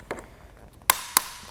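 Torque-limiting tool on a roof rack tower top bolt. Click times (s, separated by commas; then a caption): 0.9 s, 1.2 s. A top bolt on a Yakima RidgeLine roof rack tower, fitted for flush rails on a 2015 Jeep Grand Cherokee, is tightened onto the crossbar with the included torque-limiting tool. A faint tap comes first, then two sharp, bright clicks at 0.9 s and 1.2 s. The clicks show the bolt has reached enough torque.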